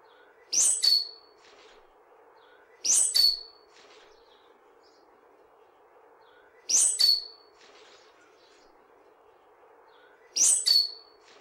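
Bird song of four quick high phrases, each a sharp descending flourish closing on a thin whistle, repeated at irregular intervals of roughly two to four seconds, with faint background hum.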